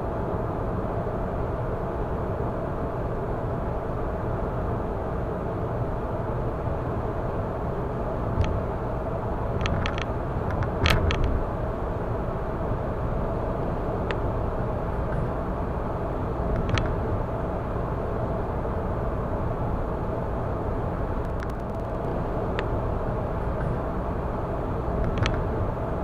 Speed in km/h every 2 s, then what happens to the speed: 106, 106, 106, 106, 106, 105, 105, 105, 105, 105, 105, 105, 105.
0-26 steady at about 105.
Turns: none.